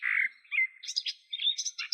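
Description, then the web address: Garden warbler giving a short burst of quick, varied warbling notes, mixing slurred mid-pitched phrases with higher chattering bits. "Sylvia borin"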